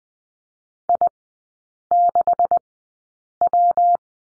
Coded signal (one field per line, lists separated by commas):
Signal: Morse code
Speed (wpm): 20 wpm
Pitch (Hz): 700 Hz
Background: none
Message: I6W